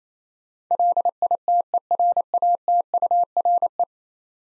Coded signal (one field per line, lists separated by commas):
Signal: Morse code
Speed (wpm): 27 wpm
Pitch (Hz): 700 Hz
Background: none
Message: LITERATURE